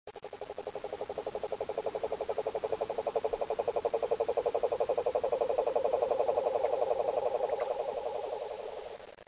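Frog calling: a continuous, evenly pulsed trill of rapid rattling notes, holding steady throughout before fading at the end.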